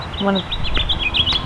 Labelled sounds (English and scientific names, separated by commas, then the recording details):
House Finch (Haemorhous mexicanus) song
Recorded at Babylon on Long Island, New York, on 18 May 2013
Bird C